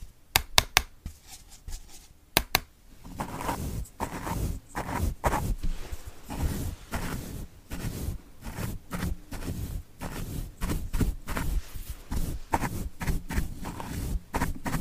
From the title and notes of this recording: Blue yeti microphone. Asmr tapping.